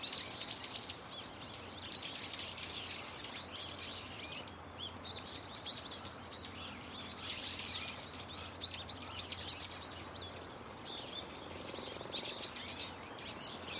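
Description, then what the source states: Birds singing in a dense chorus, fast overlapping high chirps and rising twitters with a short lull near the fifth second, over a steady low hum. Loud, unceasing chorus of many birds singing from a tetrapod breakwater belt and its trees; recorded with microphone and camera.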